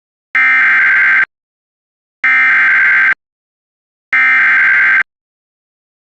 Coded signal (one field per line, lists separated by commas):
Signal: Emergency Alert System (SAME) tones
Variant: header bursts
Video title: EAS #763 Severe Thunderstorm Warning